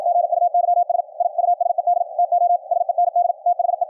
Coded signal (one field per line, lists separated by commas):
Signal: Morse code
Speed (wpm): 56 wpm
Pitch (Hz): 700 Hz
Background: none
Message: GUYS I USED TO SEND THE